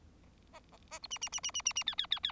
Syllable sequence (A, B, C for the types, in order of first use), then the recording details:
A A A B C C C C C C C D D D D. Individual Bird4